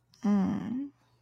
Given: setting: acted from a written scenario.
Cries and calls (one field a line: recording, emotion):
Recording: vocal sound without words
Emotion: disappointment